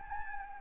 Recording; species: mosquito wingbeat signal from an infrared sensor; Anopheles gambiae